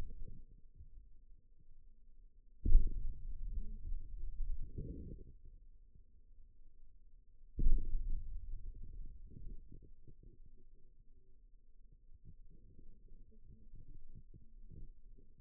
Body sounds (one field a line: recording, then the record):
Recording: forearm muscle sounds (acoustic myography)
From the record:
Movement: hand opening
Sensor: system 2, bracelet of six BSWA MPA416 microphones around the upper forearm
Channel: 1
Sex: male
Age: 22 years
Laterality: right